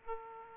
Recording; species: mosquito wingbeat signal from an infrared sensor; Aedes aegypti